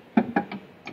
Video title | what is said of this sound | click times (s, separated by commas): How to Use the MarkForged Onyx 1 | back feel it click on that's how you know it's in the right place | 0.2 s, 0.4 s